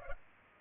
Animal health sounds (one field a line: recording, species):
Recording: mosquito wingbeat signal from an infrared sensor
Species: Culex pipiens